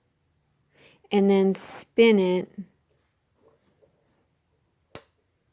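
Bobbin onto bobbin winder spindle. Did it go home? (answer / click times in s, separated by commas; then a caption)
yes / 4.9 s. A plastic bobbin is dropped onto the bobbin winder spindle and spun until its notch catches the spring. Someone talks, then after a quiet pause a single sharp snap at 4.9 s marks the bobbin seating in place on the spindle.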